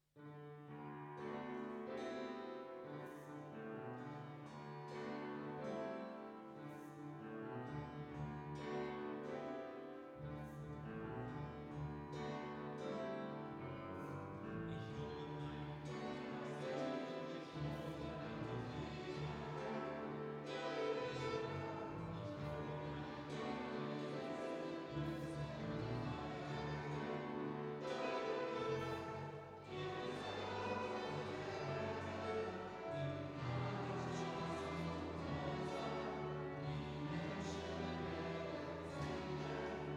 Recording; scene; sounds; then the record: everyday scene through a hearing-aid microphone; reverberant space; music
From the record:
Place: church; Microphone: in the ear canal, right